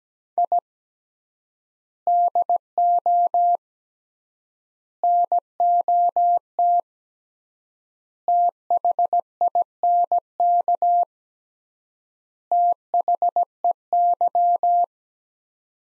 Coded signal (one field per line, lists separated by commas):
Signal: Morse code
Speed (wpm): 17 wpm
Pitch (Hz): 700 Hz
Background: none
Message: I DO NOT THINK THEY